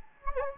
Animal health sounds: mosquito wingbeat signal from an infrared sensor; Anopheles gambiae

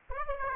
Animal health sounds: mosquito wingbeat signal from an infrared sensor; Aedes aegypti

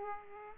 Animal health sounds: mosquito wingbeat signal from an infrared sensor; Aedes aegypti

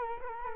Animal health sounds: mosquito wingbeat signal from an infrared sensor; Culex quinquefasciatus

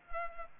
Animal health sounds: mosquito wingbeat signal from an infrared sensor; Culex pipiens

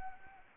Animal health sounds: mosquito wingbeat signal from an infrared sensor; Anopheles arabiensis

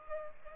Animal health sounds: mosquito wingbeat signal from an infrared sensor; Culex pipiens

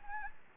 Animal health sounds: mosquito wingbeat signal from an infrared sensor; Anopheles gambiae

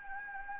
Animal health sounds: mosquito wingbeat signal from an infrared sensor; Anopheles gambiae

